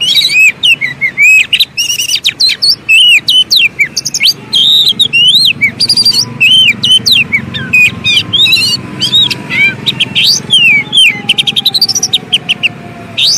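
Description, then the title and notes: Oriental magpie-robin song, a rapid non-stop stream of bright whistles, chips and swooping notes, over a faint low hum and a long descending tone in the background. Long-duration fill-in (isian) Oriental magpie-robin (kacer) song for training birds to sing actively (gacor) day and night. "Kacer Jadi Gacor Siang Malam. Isian Kacer Durasi Panjang"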